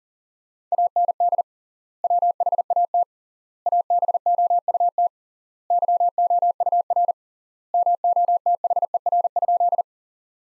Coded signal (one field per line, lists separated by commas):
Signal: Morse code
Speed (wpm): 40 wpm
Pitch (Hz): 700 Hz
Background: none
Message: AND WHAT ABOUT YOUR MOTHER?